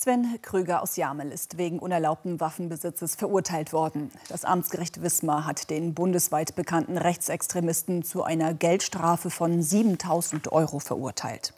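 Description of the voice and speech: A woman reads a German news item in smooth, fluent, steady-paced speech with clear, ordinary voicing.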